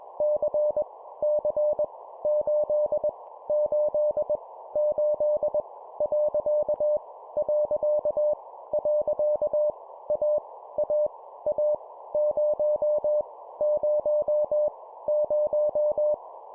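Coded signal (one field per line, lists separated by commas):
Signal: Morse code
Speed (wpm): 21 wpm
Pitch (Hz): 600 Hz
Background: none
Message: C C 8 8 8 . . . A A A 0 0 0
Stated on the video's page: Morse practice at 20 wpm: random letters, numbers and punctuation, each repeated three times.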